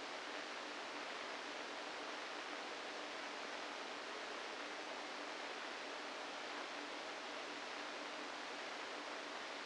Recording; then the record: brain microelectrode recording played as sound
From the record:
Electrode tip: inside the subthalamic nucleus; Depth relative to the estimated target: -1 mm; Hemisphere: right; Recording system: NeuroSet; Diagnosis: Parkinson's disease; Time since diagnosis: 7 years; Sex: female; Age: 68 years